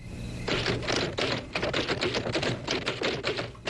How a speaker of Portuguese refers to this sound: Tá fazendo o quê? Datilografando uma carta pro meu pai.